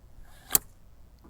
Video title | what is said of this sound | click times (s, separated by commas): Husqvarna 330LK HONEST Weed Eater/ First Start, Review! | To put it back in, you'll hear that click, | 0.6 s